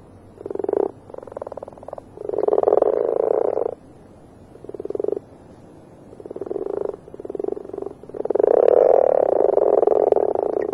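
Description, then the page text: Marsh frog giving rattling, pulsed croaks in short and long bursts, building to a longer, louder chattering bout at the end. Recorded in the UK. "Marsh Frog From British Library - wildlife sounds"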